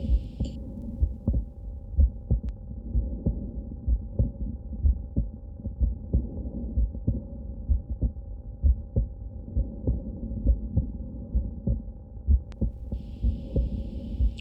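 Low heart sounds near 63 a minute with a split second sound: paradoxical splitting of S2 from left bundle branch block, heard in an adult by stethoscope. The block can be intermittent.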